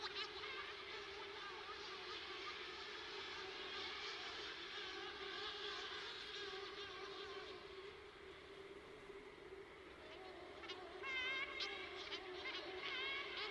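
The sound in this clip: Cory's shearwater calls as long, wavering, nasal wails with rich harmonics, running almost continuously and overlapping, with a few sharper high notes near the end.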